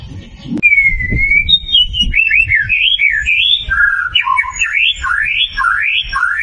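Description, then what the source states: White-rumped shama song: varied loud whistled phrases, a long steady note then quick rising and falling warbles and slurred notes, with faint low rustling below. Lure of a vigorously singing (gacor) bird, played to make the bird sing and respond.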